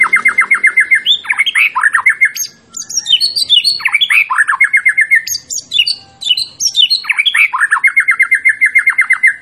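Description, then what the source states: White-rumped shama singing rapid strings of sharp repeated notes broken by swooping whistled phrases, loud, rich and nearly continuous. Champion bird; masteran training sound.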